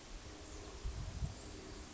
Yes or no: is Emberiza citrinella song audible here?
no